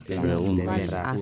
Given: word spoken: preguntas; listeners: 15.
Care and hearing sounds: one Spanish word in noise, from a listening test; four-talker babble; -1.0 dB; 5 of 15; 6 of 15; 0.81 s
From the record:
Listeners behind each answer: 6, 5, 1, 1, 1, 1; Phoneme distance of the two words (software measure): 7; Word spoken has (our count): 3 syllables, 9 phonemes, stress on syllable 2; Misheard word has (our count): 3 syllables, 8 phonemes, stress on syllable 2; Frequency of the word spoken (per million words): 58.27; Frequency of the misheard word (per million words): 103.18

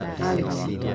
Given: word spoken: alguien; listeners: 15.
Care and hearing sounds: one Spanish word in noise, from a listening test; eight-talker babble; -0.1 dB; 0 of 15; 7 of 15; 0.55 s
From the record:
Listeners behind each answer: 7, 1, 1, 1, 1, 1, 1, 1, 1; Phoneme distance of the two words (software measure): 24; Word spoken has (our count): 2 syllables, 6 phonemes, stress on syllable 1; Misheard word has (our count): 2 syllables, 4 phonemes, stress on syllable 1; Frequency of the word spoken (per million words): 154.86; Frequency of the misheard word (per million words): 563.71

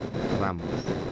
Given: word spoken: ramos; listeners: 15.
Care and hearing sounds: one Spanish word in noise, from a listening test; noise modulated by three-talker babble; -3.8 dB; 0 of 15; 14 of 15; 0.72 s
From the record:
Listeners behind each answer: 14, 1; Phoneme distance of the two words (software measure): 10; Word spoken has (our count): 2 syllables, 5 phonemes, stress on syllable 1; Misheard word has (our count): 2 syllables, 5 phonemes, stress on syllable 1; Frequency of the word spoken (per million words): 22.86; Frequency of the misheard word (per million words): 150.99

